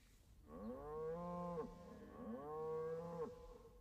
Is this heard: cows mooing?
yes